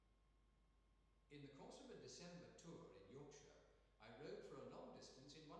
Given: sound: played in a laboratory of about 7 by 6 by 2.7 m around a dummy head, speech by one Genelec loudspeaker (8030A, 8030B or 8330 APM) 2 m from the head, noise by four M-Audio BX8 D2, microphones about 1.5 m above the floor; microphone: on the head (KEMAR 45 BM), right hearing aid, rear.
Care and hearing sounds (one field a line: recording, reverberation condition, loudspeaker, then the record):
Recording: male speech in English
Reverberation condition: high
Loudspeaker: 30 degrees to the right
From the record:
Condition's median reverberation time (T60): about 1300 ms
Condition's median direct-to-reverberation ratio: about -4.0 dB